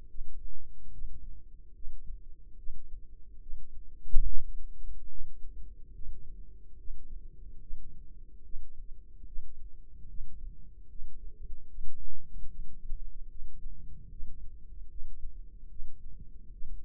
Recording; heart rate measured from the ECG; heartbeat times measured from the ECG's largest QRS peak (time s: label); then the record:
heart sounds by microphone in the left ear; 73 bpm
0.10 s: heartbeat
0.93 s: heartbeat
1.75 s: heartbeat
2.58 s: heartbeat
3.42 s: heartbeat
4.25 s: heartbeat
5.10 s: heartbeat
5.95 s: heartbeat
6.78 s: heartbeat
7.62 s: heartbeat
8.45 s: heartbeat
9.27 s: heartbeat
10.09 s: heartbeat
10.90 s: heartbeat
11.69 s: heartbeat
12.50 s: heartbeat
13.30 s: heartbeat
14.11 s: heartbeat
14.90 s: heartbeat
15.71 s: heartbeat
16.52 s: heartbeat
From the record:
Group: healthy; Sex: male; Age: 55 years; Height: 167 cm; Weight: 57.2 kg